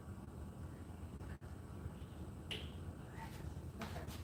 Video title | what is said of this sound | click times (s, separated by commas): Showing A Friend How To Use My SWF 12 NEEDLE For The First Time! | Yeah, make sure it clicks in that silver piece. | 2.5 s, 3.8 s